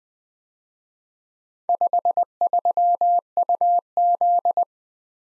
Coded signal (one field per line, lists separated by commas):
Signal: Morse code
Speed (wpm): 20 wpm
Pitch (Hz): 700 Hz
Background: none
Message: 53UZ